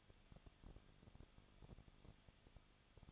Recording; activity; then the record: daily activity, microphone in the room; no activity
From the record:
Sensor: 4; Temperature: 23.0 degrees Celsius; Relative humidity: 34.7%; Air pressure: 1007.2 hPa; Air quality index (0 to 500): 215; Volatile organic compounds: 15 ppm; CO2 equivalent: 2499 ppm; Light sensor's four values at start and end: 2/3/1/1 and 2/3/1/1